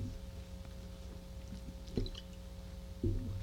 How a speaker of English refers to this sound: As I take a sip of that water from that bottle, I want to taste the water, right? I don't want to taste the plastic of the container. I don't want it to be contaminated.